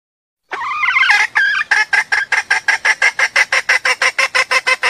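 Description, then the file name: Junglefowl giving a wavering squawk that breaks into a steady series of short, nasal clucks, about three per second. Female junglefowl calling to solicit mating. "suara ayam hutan betina minta kawin"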